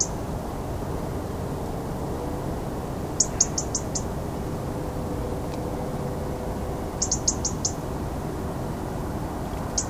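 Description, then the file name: European robin calls: a rapid series of four hard, high ticks, later another similar run, with a lone tick at each end, over continuous low noise. "Erithacus rubecula"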